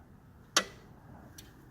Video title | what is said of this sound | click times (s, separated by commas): Building a 150mph shopping cart for Black Friday!!!!! | sort but you'll hear in a second it should load it lock so see now it's locked | 0.6 s